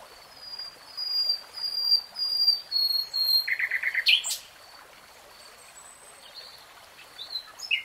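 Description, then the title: Nightingale song with drawn-out soft whistles, a quick burst of clicking notes and a sharp upward note, followed by quiet pauses with faint whistles. Singing in real time. "[Tiếng chim hót] 3 Hours REALTIME Nightingale Singing"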